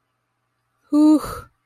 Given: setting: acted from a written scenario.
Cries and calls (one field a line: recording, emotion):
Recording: vocal sound without words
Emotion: relief